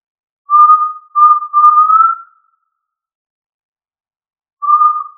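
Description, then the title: Tinamou whistles, clear and pure: one phrase of two brief notes followed by a drawn-out tone, gently rising, then another phrase beginning. "Familia Tinamidae - Quail - Puyuh"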